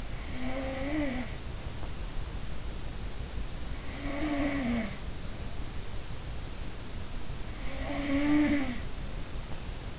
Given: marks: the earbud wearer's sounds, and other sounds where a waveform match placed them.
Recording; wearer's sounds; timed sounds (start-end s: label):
sounds in sleep by an in-ear microphone; snoring breath
0.00-1.88 s: snoring breath
3.72-5.56 s: sound from someone else or the room
7.50-9.62 s: sound from someone else or the room